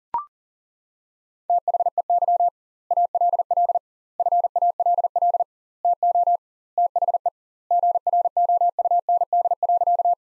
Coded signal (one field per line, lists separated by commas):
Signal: Morse code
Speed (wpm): 37 wpm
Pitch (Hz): 700 Hz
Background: none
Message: THEY ALL FALL TO THE GROUND.